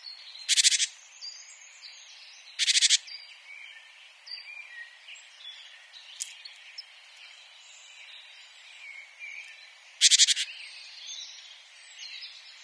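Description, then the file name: Great tit giving three loud, harsh, buzzy rattling bursts, each under a second, with assorted softer bird chirps and whistles in the background. "Parus major"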